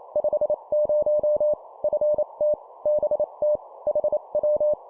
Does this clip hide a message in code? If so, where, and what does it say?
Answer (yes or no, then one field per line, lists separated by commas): yes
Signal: Morse code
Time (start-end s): 0.2-4.7 s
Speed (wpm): 28 wpm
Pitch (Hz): 600 Hz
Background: none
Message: 50 FT BT HW